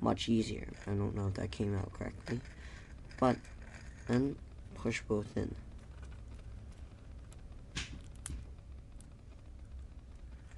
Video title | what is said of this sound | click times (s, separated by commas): Tumbling Rings of Antiquity Part 1 | now for some random reason it doesn't snap together so don't do what I just | none